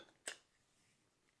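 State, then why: Seated. A salt chamber is closed onto the plastic body of a ThermoMaven electric salt grinder (2.5 oz, rechargeable) after being filled with salt. A single sharp, hard click at 0.3 s confirms that the chamber has locked into place. Only faint quiet follows.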